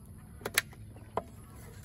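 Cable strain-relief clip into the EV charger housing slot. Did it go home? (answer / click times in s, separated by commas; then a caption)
yes / 0.6 s. While the charger cable is pushed up, a plastic cable strain-relief clip is slid into its slot in the housing of a 240V 50-amp Level 2 EV charger for a Subaru Solterra. A short tick at 0.5 s is followed by a sharp, bright snap at 0.6 s, then another brief click at 1.2 s over a low hum. The clip snaps in and is seated at 0.6 s.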